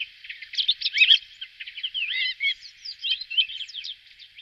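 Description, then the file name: Redwing twittering: a continuous scratchy warble of quick squeaky and trilled notes, jumbled and unbroken for about four seconds. "tordo sassello"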